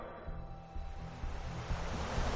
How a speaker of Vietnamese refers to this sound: Tiếng nói mang uy lực cường đại, cả huyết hồ cũng theo đó mà dậy sóng.